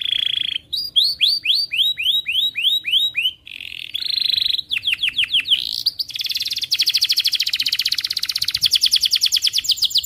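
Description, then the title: Atlantic canary song, a long continuous run of rolling trills and repeated sweeping whistles, shifting between fast and slower phrases, ending in a very rapid high trill. Canary singing actively (gacor), with the best cengkok song phrasing and the most luxurious isian fill, from the Indonesian songbird hobby (kicaumania) scene. "Kenari Gacor Cengkok Terbaik Isian Paling Mewah Kenarigacor Kicaumania Kenari"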